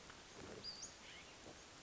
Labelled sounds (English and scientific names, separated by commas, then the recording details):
Western Flycatcher (Empidonax difficilis)
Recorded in Sonoma County, California